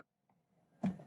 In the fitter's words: just a little force we make it go in you will hear a click and another